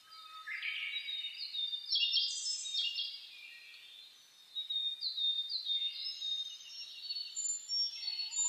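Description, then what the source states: Birds in a dawn chorus, a rising burst of high chirps and trills, a short quiet gap, then renewed twittering from several birds. Dawn chorus (reimei) of birdsong (saezuri), recorded 10 May 2010.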